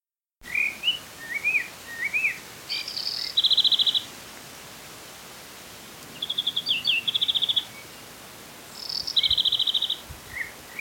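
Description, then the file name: European greenfinch calling: rising chirps, then rapid rattling trills in bursts about one second long, repeated several times with gaps of quiet hiss. "Chloris chloris"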